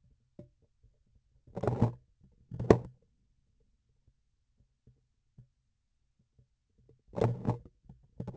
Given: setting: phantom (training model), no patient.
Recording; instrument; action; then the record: laparoscopic instrument, vibration sensor on the handle end; grasping forceps; opening and closing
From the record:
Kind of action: tool actuation without material contact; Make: other than Olympus